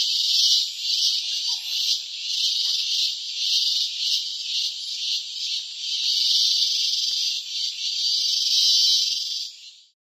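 Cicada's high shrill buzz, throbbing unevenly then holding steady before cutting off abruptly near the end; a faint brief lower tone appears early on.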